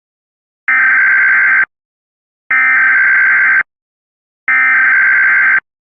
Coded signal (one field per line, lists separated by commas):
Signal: Emergency Alert System (SAME) tones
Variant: header bursts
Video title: Gigan (A EAS Long Scenario)